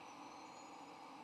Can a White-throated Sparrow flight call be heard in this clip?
no